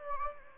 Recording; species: mosquito wingbeat signal from an infrared sensor; Anopheles gambiae